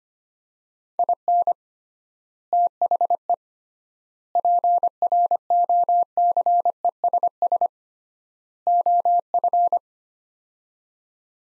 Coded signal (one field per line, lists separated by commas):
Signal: Morse code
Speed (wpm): 25 wpm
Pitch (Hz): 700 Hz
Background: none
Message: IN THE PROCESS OF